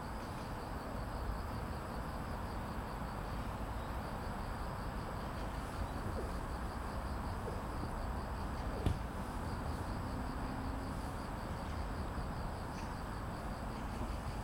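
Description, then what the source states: Cricket trilling, an even stream of high rapid pulses, with heavy low traffic noise underneath and occasional brief knocks. Evening at Banpo Jugong Apartment Complex 1, Banpo-bon-dong, Seocho-gu, Seoul, South Korea; grass insects with street traffic.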